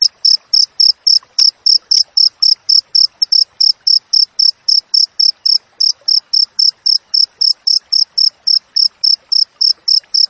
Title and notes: Masteran Jangkrik Alam Jernih, Jeda Rapat Cocok Untuk Masteran Burung Dan Mengusir Tikus. suara jangkrik